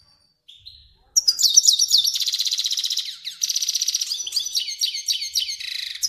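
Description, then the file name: Finch song: a few soft whistles, then a continuous, rapid, buzzy and trilling stream of high notes lasting about five seconds. Kermani finch. "sound finch kermani long"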